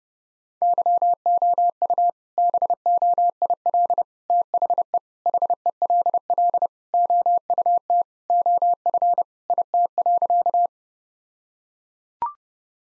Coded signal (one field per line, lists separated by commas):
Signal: Morse code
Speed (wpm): 32 wpm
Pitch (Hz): 700 Hz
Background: none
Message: YOU BOIL THE HELL OUT OF IT.